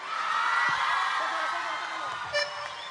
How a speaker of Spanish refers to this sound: Fuerte el aplauso.